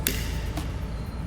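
On a Skoda Slavia (1.0 & 1.5), the plastic locking tab on a new wiper blade adapter is pressed down from the top onto the wiper arm. It gives a sharp click at 0.1 s and a softer tap follows at about 0.6 s over steady low background noise. The lock snaps shut and the blade is seated.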